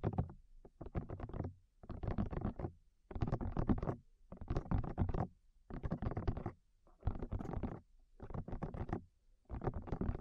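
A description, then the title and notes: Ears are tapped in quick, dense bursts of muffled thumping, each lasting around a second and separated by brief silences. About a dozen bursts follow in a steady rhythm, mostly low and dull, with a crackly, brighter edge on top. ASMR Tap Your Ears 3Dio (No Talking).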